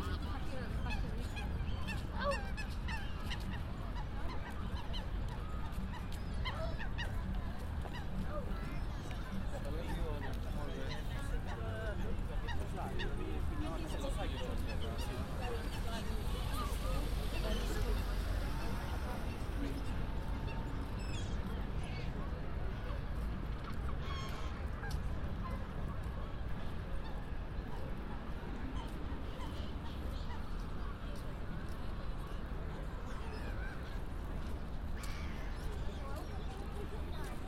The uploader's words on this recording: A binaural field recording in Hyde Park, walking from just outside the Serpentine to the winter carnival.